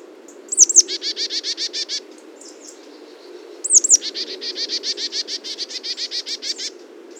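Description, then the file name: Marsh tit calls: two sharp high notes followed by a fast run of buzzy notes, given twice, over faint low background noise. "Poecile palustris"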